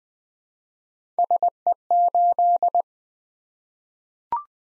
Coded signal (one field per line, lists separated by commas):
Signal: Morse code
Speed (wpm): 20 wpm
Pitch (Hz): 700 Hz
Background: none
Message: SE8